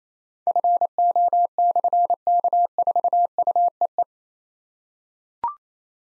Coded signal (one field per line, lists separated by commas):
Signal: Morse code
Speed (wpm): 28 wpm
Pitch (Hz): 700 Hz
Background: none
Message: FO/K4UEE